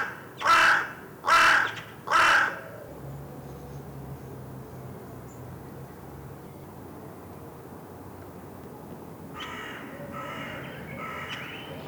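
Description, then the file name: Carrion crow uttering three loud harsh caws in quick succession, followed by a long quiet stretch with low hum and fainter caws near the end. "Corvus corone"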